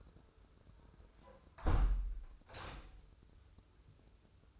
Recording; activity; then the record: daily activity, microphone in the room; close window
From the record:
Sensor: 2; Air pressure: 995.6 hPa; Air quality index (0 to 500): 91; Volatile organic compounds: 4 ppm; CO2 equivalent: 1662 ppm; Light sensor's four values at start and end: 24/77/31/29 and 24/76/30/29